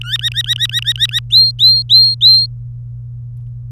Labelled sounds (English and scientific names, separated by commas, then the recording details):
Domestic Canary (Serinus canaria) song
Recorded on 24 April 2018 at 11:40
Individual llb3